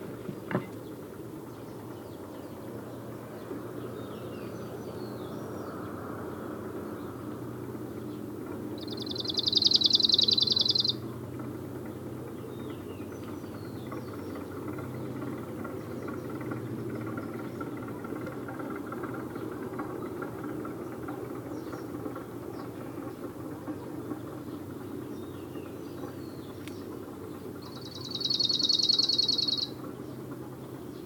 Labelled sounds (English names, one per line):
Arctic Warbler